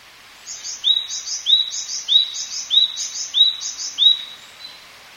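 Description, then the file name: Japanese tit song: a high buzzy note dropping to a clear lower whistle, the two-part phrase repeated six times at a steady, brisk pace over a quiet background. "shijukara"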